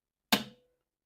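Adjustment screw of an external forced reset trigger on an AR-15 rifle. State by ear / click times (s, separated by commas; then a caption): released / 0.3 s. With the AR-15 rifle cocked, the adjustment screw of its external forced reset trigger is backed out with a screwdriver, usually about five turns. A single sharp metallic click sounds at 0.3 s, fading by about 0.6 s with a faint ringing tone that lingers to about 0.8 s. The mechanism has released, and one more turn then sets the trigger right on the edge.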